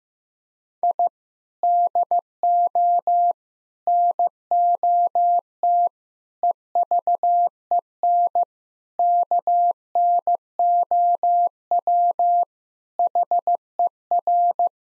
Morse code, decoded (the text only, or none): I DO NOT EVEN KNOW HER